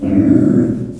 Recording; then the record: squeal of a Yucatan mini pig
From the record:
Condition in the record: after surgery on the right vocal fold (resection and tissue-engineered implant); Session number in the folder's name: 5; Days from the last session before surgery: 33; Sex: female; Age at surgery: 19 weeks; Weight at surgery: 25 kg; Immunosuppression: prednisolone